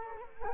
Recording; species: mosquito wingbeat signal from an infrared sensor; Culex quinquefasciatus